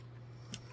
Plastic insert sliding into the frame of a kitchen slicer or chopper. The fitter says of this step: Yeah, I had it upside down. Slide it in until you hear it lock.